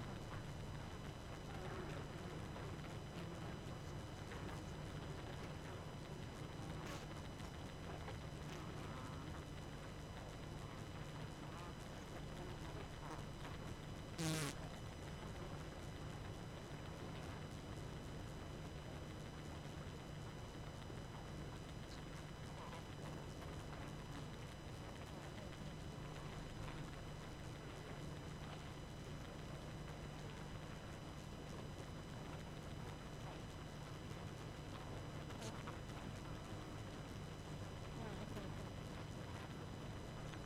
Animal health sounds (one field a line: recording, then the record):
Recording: honeybee colony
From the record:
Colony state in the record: active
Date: 12 June 2018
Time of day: 22:30